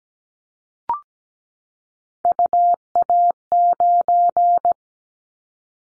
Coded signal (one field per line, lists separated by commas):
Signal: Morse code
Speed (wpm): 17 wpm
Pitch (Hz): 700 Hz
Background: none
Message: UA9